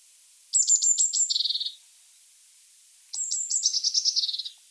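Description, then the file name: Eurasian blue tit calls, each a high thin opening followed by a fast buzzy trill that drops slightly in pitch, given twice. "Cyanistes caeruleus"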